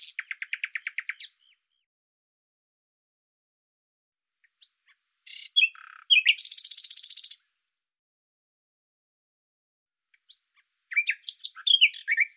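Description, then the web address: Bird song in three bouts: a fast buzzy trill, then sweeping notes and a long buzz, then a jumble of quick high chirps. "Deverinetal 2025"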